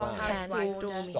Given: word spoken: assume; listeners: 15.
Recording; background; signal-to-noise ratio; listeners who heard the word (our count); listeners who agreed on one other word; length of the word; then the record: one English word in noise, from a listening test; four-talker babble; -3.0 dB; 0 of 15; 12 of 15; 0.80 s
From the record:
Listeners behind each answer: 12, 1, 1, 1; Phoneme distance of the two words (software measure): 44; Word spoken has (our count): 2 syllables, 5 phonemes, stress on syllable 2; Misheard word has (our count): 1 syllable, 3 phonemes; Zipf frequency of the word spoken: 4.24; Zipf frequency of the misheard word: 5.39